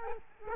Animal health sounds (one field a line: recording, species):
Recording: mosquito wingbeat signal from an infrared sensor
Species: Culex quinquefasciatus